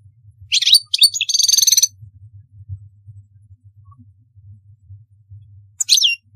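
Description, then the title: European goldfinch song: a brief twittering phrase with a buzzy trill, a long pause over low hum, then a single short twittered note. "Chant Chardonneret"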